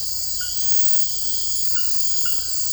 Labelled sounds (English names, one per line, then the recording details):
none
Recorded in dense forest near Puerto Asís, Putumayo, Colombia, on 19 February 2024 at 02:30
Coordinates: 0.487, -76.319
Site G6403